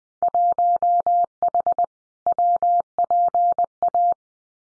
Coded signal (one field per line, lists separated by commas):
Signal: Morse code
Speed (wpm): 20 wpm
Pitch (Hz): 700 Hz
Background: none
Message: 1H WPA